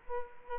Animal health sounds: mosquito wingbeat signal from an infrared sensor; Culex quinquefasciatus

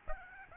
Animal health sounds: mosquito wingbeat signal from an infrared sensor; Aedes albopictus

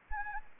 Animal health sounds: mosquito wingbeat signal from an infrared sensor; Anopheles arabiensis

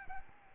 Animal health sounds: mosquito wingbeat signal from an infrared sensor; Aedes albopictus

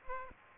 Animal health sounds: mosquito wingbeat signal from an infrared sensor; Aedes aegypti

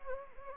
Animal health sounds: mosquito wingbeat signal from an infrared sensor; Anopheles gambiae

